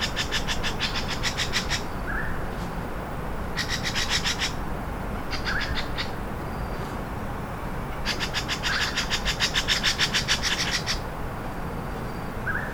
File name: Grey Sided Scimitar Babbler Alarm Call 120508-003 Fujian Dai Yun Shan